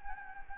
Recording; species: mosquito wingbeat signal from an infrared sensor; Anopheles gambiae